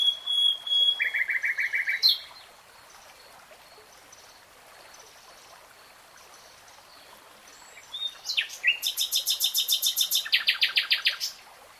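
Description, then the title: Nightingale song: two phrases of quick repeated notes, a long pause, then a loud, fast, evenly pulsed series of high notes. Nightingale singing, recorded in real time. "[Tiếng chim hót] Nightingale Singing"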